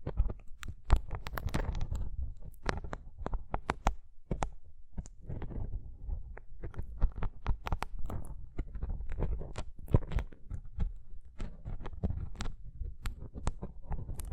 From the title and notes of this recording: ASMR Rough Brain Cleaning and Picking (No Talking).